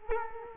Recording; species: mosquito wingbeat signal from an infrared sensor; Culex quinquefasciatus